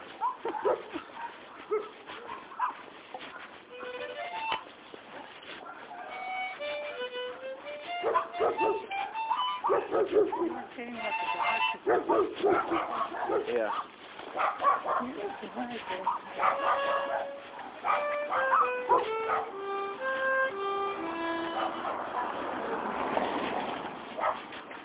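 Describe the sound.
Several dogs bark, yip and whimper over one another in a kennel in a constant, overlapping clamor, with high-pitched whines rising and falling throughout. Muffled human voices can be heard underneath.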